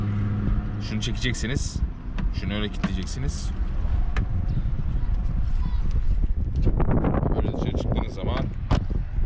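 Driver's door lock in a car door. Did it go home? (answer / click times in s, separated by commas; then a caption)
yes / 8.7 s. Someone talks while demonstrating how to lock the driver's door of an old Honda CRX: pull the handle, hold the lock, then shut the door from outside. Several knocks and rattles come first, then the door shuts with a single sharp hit at 8.7 s, and the driver's door lock latches.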